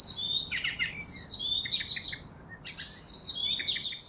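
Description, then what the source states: Icterine warbler song, a cheerful jumble of high whistled and chattering phrases with varied buzzy notes, over a steady low background hiss. Song described as very cheerful, including a rubber bath-duck-like sound; heard when cycling through farmland.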